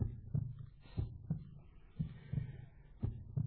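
Low, dull heart thumps at about 58 a minute, a slow, steady heartbeat with a faint hum beneath.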